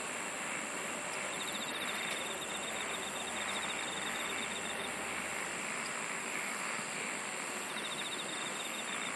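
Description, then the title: Insects singing as a dense, even hiss; a high rapid pulsed trill and a lower ticking trill sound together early, with another short trill later. "SINGING OF INSECTS"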